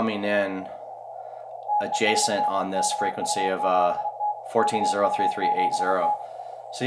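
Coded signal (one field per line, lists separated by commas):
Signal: Morse code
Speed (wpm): 32 wpm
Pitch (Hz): 830 Hz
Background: speech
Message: TEST KU7T KU7T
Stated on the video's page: Older radio's CW audio run through the 4 State QRP Group Hi-Per-Mite 200 Hz filter to cut static and adjacent-station interference on weak signals.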